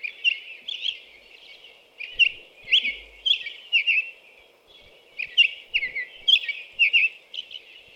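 American robin song: clear whistled caroling phrases delivered in bursts with short gaps.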